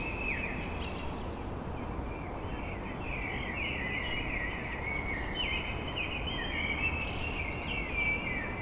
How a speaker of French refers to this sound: Ce bruit blanc appartient aux merles de l'aube à l'aurore.